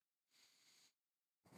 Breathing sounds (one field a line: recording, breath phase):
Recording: one breath near a microphone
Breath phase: inhalation